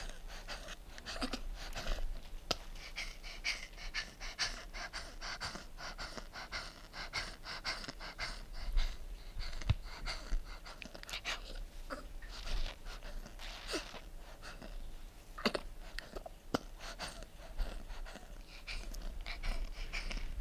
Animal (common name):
Chimpanzee